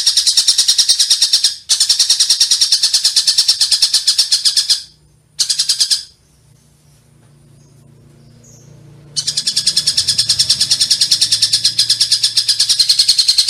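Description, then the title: Oriental magpie-robin pouring out fast, shrill pulsed chatter, stopping three times, with a few seconds of quiet low rumble before the song resumes. "Kicau Kacer"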